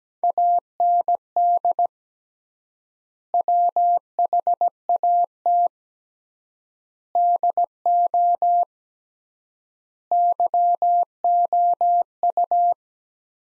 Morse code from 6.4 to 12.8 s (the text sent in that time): DO YOU